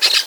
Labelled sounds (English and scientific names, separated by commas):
Brown-throated Parakeet (Eupsittula pertinax) contact call